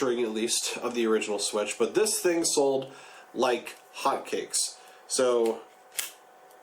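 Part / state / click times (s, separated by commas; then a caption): right detachable controller into handheld game console rail / seated / 6.0 s. Someone talks while the right detachable controller is attached to the side rail of a handheld game console. A single sharp click is heard at 6.0 s as the right controller seats in the rail.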